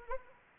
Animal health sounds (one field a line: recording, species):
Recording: mosquito wingbeat signal from an infrared sensor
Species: Anopheles arabiensis